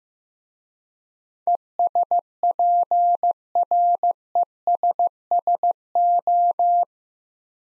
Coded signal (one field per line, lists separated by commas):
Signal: Morse code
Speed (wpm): 15 wpm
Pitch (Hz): 700 Hz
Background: none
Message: ESPRESSO